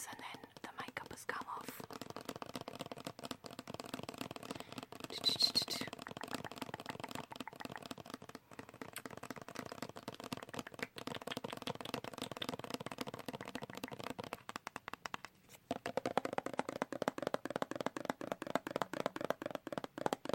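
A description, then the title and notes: Fast tapping and light scratching runs almost without pause, with a louder burst near five seconds and sharper, sparser taps toward the end. Tingly Tap off.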